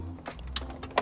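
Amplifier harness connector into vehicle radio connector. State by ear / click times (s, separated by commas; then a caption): seated / 0.6 s, 1.0 s. An amplifier harness's white plastic connector is pushed into its mating car connector behind the radio of a 2020-2025 Toyota Tundra during a plug-and-play amplifier installation. Over a low steady hum, sharp clicks sound at 0.6 s and 1.0 s, and the connector is seated.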